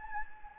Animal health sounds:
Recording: mosquito wingbeat signal from an infrared sensor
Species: Anopheles gambiae

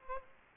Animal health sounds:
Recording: mosquito wingbeat signal from an infrared sensor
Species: Aedes aegypti

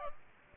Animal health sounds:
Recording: mosquito wingbeat signal from an infrared sensor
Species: Aedes aegypti

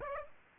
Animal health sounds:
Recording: mosquito wingbeat signal from an infrared sensor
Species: Aedes aegypti

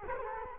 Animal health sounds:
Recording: mosquito wingbeat signal from an infrared sensor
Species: Culex quinquefasciatus

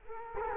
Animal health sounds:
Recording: mosquito wingbeat signal from an infrared sensor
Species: Culex quinquefasciatus

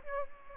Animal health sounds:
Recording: mosquito wingbeat signal from an infrared sensor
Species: Aedes aegypti

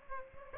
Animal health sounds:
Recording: mosquito wingbeat signal from an infrared sensor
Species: Aedes aegypti

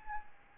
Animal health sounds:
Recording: mosquito wingbeat signal from an infrared sensor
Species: Aedes albopictus

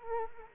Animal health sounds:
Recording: mosquito wingbeat signal from an infrared sensor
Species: Culex quinquefasciatus

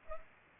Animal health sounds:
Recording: mosquito wingbeat signal from an infrared sensor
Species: Culex pipiens

